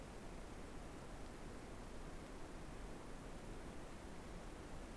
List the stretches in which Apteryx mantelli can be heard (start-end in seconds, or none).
none